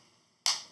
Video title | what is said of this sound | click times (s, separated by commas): Pitaka Fusion Weaving Mag Ez Case 3 - My FAVORITE Thin Case! | as you can hear it's snapping right on there | 0.5 s